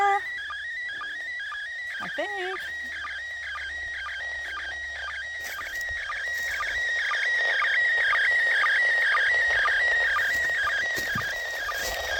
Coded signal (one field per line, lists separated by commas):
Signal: SSTV (slow-scan television)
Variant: PD 120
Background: speech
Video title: A 'Day' Hike for a SOTA Activation of Springer Mountain